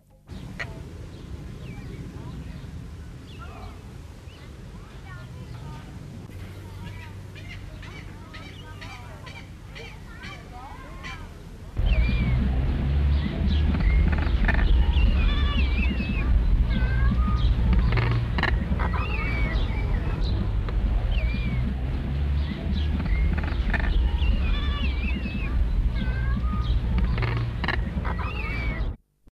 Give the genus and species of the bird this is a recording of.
Tribonyx mortierii